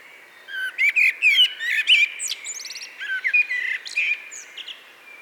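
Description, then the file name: Eurasian blackbird producing a quick series of chirpy, fluty notes with some high buzzy squeaks, lasting about four seconds, above a soft steady hiss. "Turdus merula"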